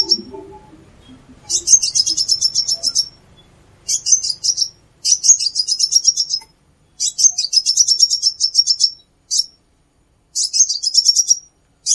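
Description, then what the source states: Plain-throated sunbird: high, buzzy chattering trills in several bursts, preceded by faint low background sounds. Singing vigorously (gacor).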